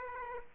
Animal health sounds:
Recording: mosquito wingbeat signal from an infrared sensor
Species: Aedes aegypti

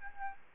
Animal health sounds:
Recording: mosquito wingbeat signal from an infrared sensor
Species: Aedes albopictus

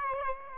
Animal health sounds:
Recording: mosquito wingbeat signal from an infrared sensor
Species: Aedes aegypti

